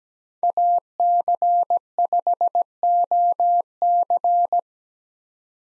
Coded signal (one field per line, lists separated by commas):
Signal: Morse code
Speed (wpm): 17 wpm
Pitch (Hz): 700 Hz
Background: none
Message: AC5OC